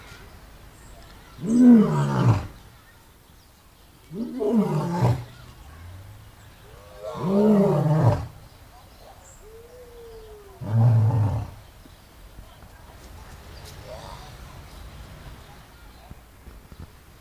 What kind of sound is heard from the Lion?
call